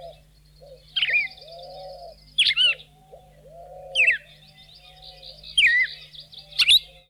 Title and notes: Museo de Ciencias de Bahía Blanca. Cardenal (Paroaria coronata) Los cardenales comunes que se hallan en la zona de Bahía Blanca se han originado probablemente de ejemplares escapados de jaula